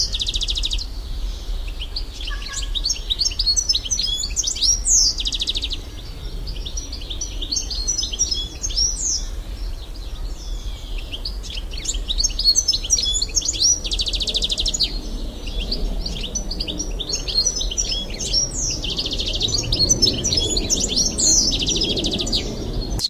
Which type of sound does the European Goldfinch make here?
song